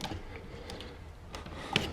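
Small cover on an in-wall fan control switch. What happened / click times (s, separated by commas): The cover snapped into place / 1.8 s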